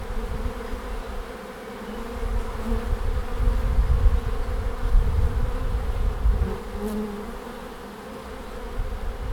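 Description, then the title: Bees hum in a low, dense drone that swells in the middle and eases off, with wavering pitch as individuals fly by. Bees recorded at the end of March in Langel, Cologne, Germany. "Langel, Köln, Deutschland - Bienen Ende März. Bees at the end of march"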